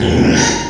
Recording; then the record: squeal of a Yucatan mini pig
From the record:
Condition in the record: before surgery on the right vocal fold (resection and tissue-engineered implant); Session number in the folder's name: 2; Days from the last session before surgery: 0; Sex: male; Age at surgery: 12 weeks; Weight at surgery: 13 kg